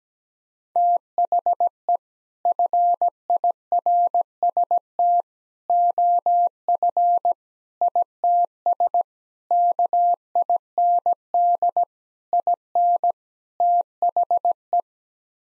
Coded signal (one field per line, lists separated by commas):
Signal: Morse code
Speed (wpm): 17 wpm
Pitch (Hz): 700 Hz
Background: none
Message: THE FIRST OF ITS KIND IN THE